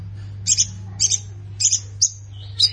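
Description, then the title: Plain prinia song: short buzzy, wheezy high notes given in pairs and singles about every half second, over a steady low hum. "Ciblek Sawah"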